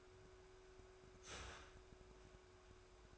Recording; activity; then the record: daily activity, microphone in the room; start toaster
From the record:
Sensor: 2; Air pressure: 1014.5 hPa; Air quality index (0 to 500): 203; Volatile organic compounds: 23 ppm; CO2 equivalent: 2790 ppm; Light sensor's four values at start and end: 3/9/3/3 and 3/9/3/3